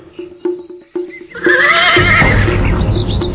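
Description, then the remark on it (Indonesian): A few hollow hoof clops give way to a loud, shrill whinny from a ridden horse that rises and wavers for nearly two seconds, with a rough snorting rumble beneath it, as its rider jumps down from its back in the middle of a road. “Rake Hambulu melompat turun dari punggung kuda, kemudian menghampiri gadis itu yang berdiri di tengah jalan.”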